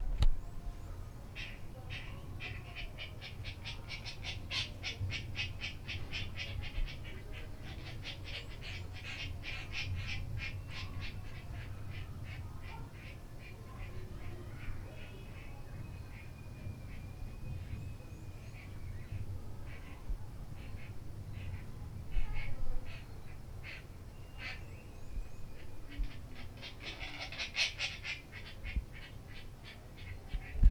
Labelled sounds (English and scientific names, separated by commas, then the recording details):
Lilac-breasted Roller (Coracias caudatus)
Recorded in Lake Mburo, Uganda